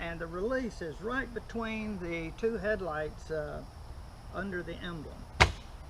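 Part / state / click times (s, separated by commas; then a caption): hood latches on a three-wheeled roadster / released / 5.4 s. Someone talks while the hood release under the front emblem, between the two headlights, of a Polaris Slingshot three-wheeled roadster is pulled. The hood latches let go with a sharp snap at 5.4 s, marking the full release of the latches.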